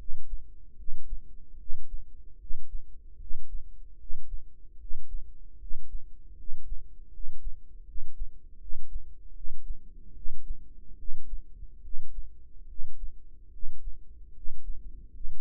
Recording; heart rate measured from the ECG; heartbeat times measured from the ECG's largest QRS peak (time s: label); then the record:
heart sounds by microphone in the right ear; 75 bpm
0.75 s: heartbeat
1.57 s: heartbeat
2.37 s: heartbeat
3.17 s: heartbeat
3.97 s: heartbeat
4.77 s: heartbeat
5.58 s: heartbeat
6.35 s: heartbeat
7.10 s: heartbeat
7.84 s: heartbeat
8.58 s: heartbeat
9.32 s: heartbeat
10.13 s: heartbeat
10.96 s: heartbeat
11.81 s: heartbeat
12.66 s: heartbeat
13.50 s: heartbeat
14.32 s: heartbeat
15.10 s: heartbeat
From the record:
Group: healthy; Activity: cold pressor test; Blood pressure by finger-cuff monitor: 120/78 mmHg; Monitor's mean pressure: 88 mmHg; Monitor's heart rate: 75 bpm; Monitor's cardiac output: 6.1 L/min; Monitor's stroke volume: 82 mL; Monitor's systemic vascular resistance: 1040 dyn s/cm5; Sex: male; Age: 35 years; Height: 180 cm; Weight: 86.9 kg